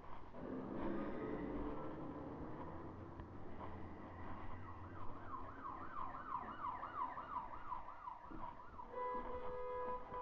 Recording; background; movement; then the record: deep breathing; traffic; walking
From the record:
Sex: female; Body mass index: 25.5 kg/m2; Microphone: on the chest, facing the body